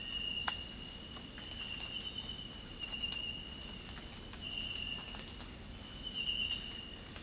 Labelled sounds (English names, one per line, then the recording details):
none
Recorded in dense forest near Puerto Asís, Putumayo, Colombia, on 18 February 2024 at 06:30
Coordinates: 0.484, -76.317
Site G6464